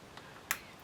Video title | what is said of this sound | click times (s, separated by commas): Apple MacBook Air M1 (A2337) Screen Replacement Guide | And then just gently click them into place. You should hear a little click as they go on. | 0.5 s